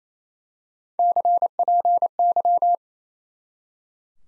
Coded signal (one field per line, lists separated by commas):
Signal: Morse code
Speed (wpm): 28 wpm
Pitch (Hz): 700 Hz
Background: none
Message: CPY